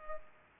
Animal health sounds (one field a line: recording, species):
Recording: mosquito wingbeat signal from an infrared sensor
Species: Culex pipiens